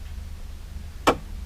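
A click-type torque wrench is tested at a setting of about 8 during dash fascia and clock work on a 1969-71 Continental Mark III. Over a steady low hum, a single sharp click is heard at 1.1 s. The wrench fired at its setting, though the setting may not be precise.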